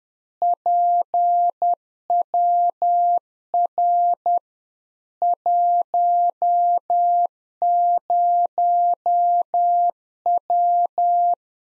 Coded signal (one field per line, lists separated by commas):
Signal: Morse code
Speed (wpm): 10 wpm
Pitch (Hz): 700 Hz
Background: none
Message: PWR 10W